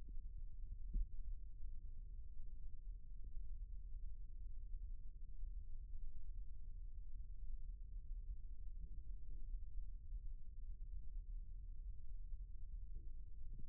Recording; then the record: forearm muscle sounds (acoustic myography)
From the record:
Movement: rest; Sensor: system 1, eight BSWA MPA416 microphones around the upper forearm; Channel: 5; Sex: male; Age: 41 years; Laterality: right